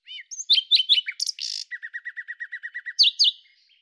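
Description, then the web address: Common nightingale song opening with quick chirps and a harsh buzz, then a fast series of a dozen identical notes, closing with two sharp high notes. "cianscape birddata Deverinetal 2025 Bird Lu Me"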